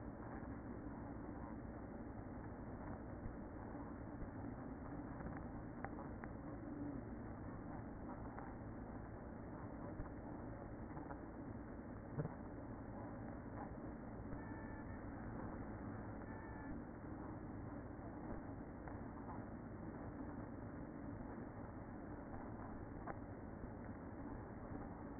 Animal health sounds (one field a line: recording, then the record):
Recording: honeybee colony, microphone inside the hive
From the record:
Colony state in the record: queen present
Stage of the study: after two queens were removed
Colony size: about 60,000 bees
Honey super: yes